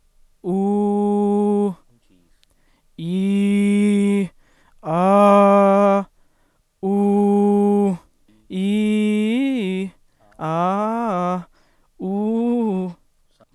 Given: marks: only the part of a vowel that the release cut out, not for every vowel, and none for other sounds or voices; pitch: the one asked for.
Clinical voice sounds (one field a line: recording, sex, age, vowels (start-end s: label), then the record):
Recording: sustained vowels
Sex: male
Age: 18 to 19 years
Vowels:
0.53-1.63 s: vowel /u/, high pitch
3.08-4.17 s: vowel /i/, low pitch
4.95-5.94 s: vowel /a/, low pitch
6.89-7.86 s: vowel /u/, low pitch
8.61-9.79 s: vowel /i/, low-high-low pitch
10.48-11.32 s: vowel /a/, low-high-low pitch
12.08-12.83 s: vowel /u/, low-high-low pitch
From the record:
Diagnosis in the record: healthy voice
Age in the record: 18 years